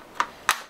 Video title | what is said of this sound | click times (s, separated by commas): Installing Driver Seat Belt, plus Turn Signal Fix & License Plate Lights on our Skoolie | oh i didn't know how that little cover went on just snapped in place yep okay that's it | 0.5 s